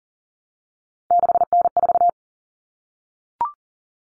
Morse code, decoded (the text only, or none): 6N4